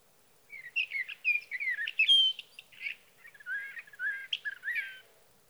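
Sage thrasher singing a long, varied warble of short slurred and whistled phrases with brief gaps, continuing for nearly five seconds.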